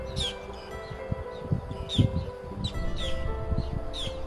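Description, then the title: Black-headed gull calls, brief harsh notes coming roughly every half second to second, with occasional soft low thumps and a humming background. Wetland at Futou Lake. "斧头湖随拍：红嘴鸥的歌舞"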